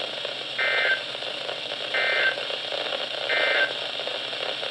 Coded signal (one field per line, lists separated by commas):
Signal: Emergency Alert System (SAME) tones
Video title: August 2017 EAS Compilation (EAS #581-623)